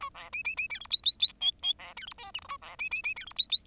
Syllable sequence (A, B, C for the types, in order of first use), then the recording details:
A B C C C D E F F F G G B D E H I J A B C C C D E F F. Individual Bird10